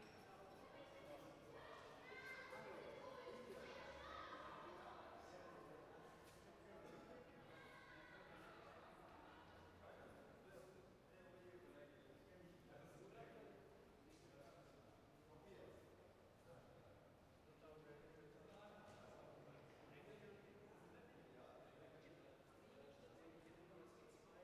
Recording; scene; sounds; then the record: everyday scene through a hearing-aid microphone; reverberant space; background noise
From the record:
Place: railway station hall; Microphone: behind the ear, right, rear